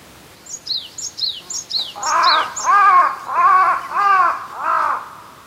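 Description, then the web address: Large-billed crow cawing: several hoarse, arched caws roughly a second apart, preceded by a quick run of thin, high descending chirps. Recorded during a walk at Azamidani. "raivu sansaku azamidani sound bird hashibutogarasu"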